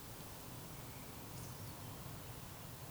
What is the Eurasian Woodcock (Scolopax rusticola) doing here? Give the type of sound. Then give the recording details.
whistle. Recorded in Baden-Württemberg, Germany, on 25 June 2020 at 19:53 UTC. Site 43791, 788 m above sea level